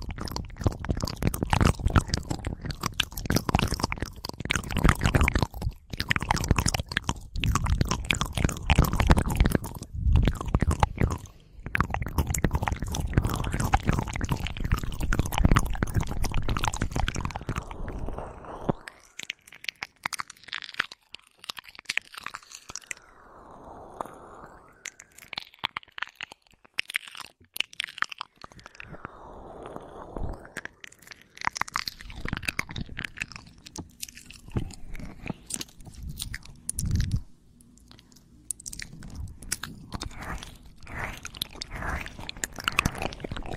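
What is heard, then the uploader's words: Ear licking: dense, wet, crackling mouth sounds fill the first eighteen seconds, loud and rapid with brief gaps. After that the sound drops to softer, sparser smacks and slurps with short silences, occasionally swelling again before settling low near the end. Ear licking (ASMR FURRY).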